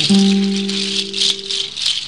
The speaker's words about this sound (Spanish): Estas son pezuñas de cabra o de chivo. A ver cómo suena.